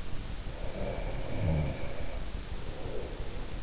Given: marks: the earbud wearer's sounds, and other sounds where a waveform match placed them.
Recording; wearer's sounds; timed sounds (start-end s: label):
sounds in sleep by an in-ear microphone; breath
0.52-3.41 s: breath